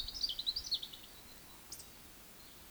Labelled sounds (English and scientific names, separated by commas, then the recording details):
Eurasian Woodcock (Scolopax rusticola) whistle, Eurasian Woodcock (Scolopax rusticola) croak
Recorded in Baden-Württemberg, Germany, on 31 May 2021 at 19:40 UTC
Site 20675, 466 m above sea level